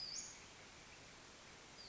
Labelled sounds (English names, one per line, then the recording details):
Western Flycatcher
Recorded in Sonoma County, California